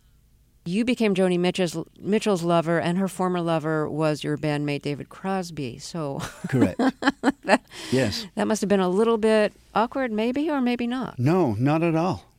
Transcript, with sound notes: You became Joni Mitchell's lover, and her former lover was your band mate David Crosby, so...
Correct. Yes.
(Laughing) That must have been a little bit awkward maybe, or maybe not?
No, not at all.